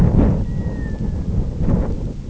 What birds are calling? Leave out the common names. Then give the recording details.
Gavia stellata. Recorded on Arctic tundra, site IGLO-F, on 26 June 2018. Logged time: 08:00